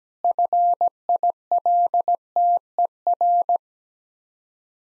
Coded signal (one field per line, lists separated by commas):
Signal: Morse code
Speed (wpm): 17 wpm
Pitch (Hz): 700 Hz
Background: none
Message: FILTER